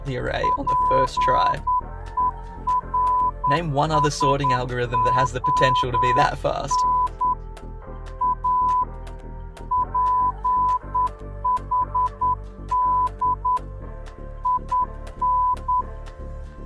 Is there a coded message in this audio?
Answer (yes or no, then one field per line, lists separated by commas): yes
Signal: Morse code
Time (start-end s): 0.4-15.8 s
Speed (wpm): 9 wpm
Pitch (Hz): 1000 Hz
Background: speech, music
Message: PERSON A PHD IN